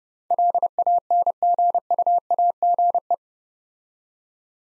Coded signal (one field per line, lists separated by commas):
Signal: Morse code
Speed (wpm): 30 wpm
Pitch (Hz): 700 Hz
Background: none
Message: LANGUAGE